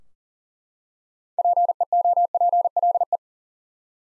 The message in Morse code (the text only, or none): PEOPLE